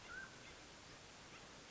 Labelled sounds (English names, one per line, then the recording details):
Mountain Quail
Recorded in Sonoma County, California